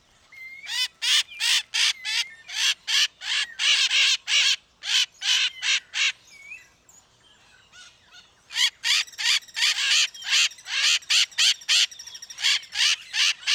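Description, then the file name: Bird repeating grating, buzzy squawks at a quick steady pace, pausing around two seconds midway, with faint short rising whistles between notes. "SABIOD 50 bird 2015"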